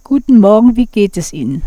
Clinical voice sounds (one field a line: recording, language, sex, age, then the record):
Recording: spoken sentence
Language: German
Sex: female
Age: 70 to 79 years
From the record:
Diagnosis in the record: healthy voice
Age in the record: 73 years